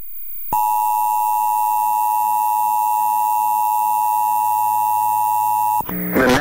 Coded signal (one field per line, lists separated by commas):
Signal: Emergency Alert System (SAME) tones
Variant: 853 and 960 Hz attention tone